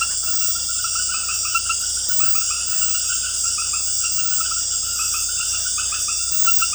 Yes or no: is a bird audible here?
no